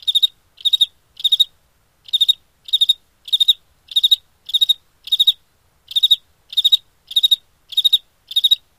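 Cricket song of rapid pulsed chirps, each a quick burst of several pulses, repeated about twice per second with a few short gaps.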